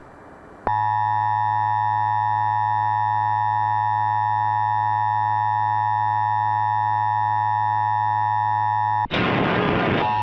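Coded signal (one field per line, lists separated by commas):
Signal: Emergency Alert System (SAME) tones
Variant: 853 and 960 Hz attention tone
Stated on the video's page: Fictional EAS mockup.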